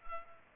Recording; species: mosquito wingbeat signal from an infrared sensor; Culex pipiens